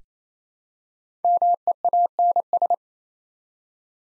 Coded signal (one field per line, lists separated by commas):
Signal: Morse code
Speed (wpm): 28 wpm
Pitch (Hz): 700 Hz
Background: none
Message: MEANS